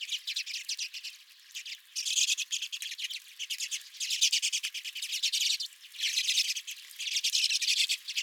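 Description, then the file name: Redpolls giving dense, buzzy chattering calls from several birds at once, in bursts that swell and fade roughly every two seconds. Redpolls calling at the recordist's feeder. "Redpolls at My Feeder"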